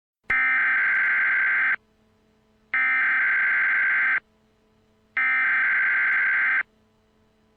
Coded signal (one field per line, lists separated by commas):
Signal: Emergency Alert System (SAME) tones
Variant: header bursts